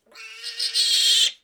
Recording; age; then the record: pig call; piglet (1 to 25 days)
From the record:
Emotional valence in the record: negative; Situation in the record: restrain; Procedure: back test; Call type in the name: high-frequency call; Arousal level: medium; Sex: male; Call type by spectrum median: high-frequency call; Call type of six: high-frequency stable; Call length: 1.44 s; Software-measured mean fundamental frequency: 272 Hz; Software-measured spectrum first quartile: 3409 Hz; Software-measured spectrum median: 4140 Hz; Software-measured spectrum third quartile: 5328 Hz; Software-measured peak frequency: 3151 Hz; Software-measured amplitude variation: 156 dB a second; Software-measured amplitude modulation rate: 22.2 a second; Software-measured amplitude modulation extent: 7.0 dB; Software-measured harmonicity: 5.4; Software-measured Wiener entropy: -2.43